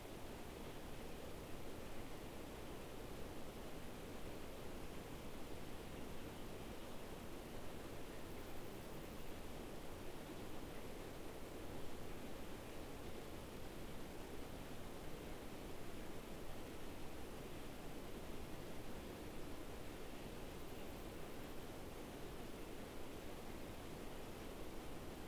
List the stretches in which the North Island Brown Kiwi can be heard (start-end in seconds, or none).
none